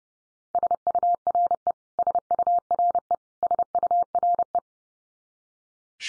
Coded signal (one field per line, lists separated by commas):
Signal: Morse code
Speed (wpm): 30 wpm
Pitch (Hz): 700 Hz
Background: none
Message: SURE SURE SURE